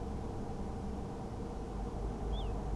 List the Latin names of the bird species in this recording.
Charadrius dubius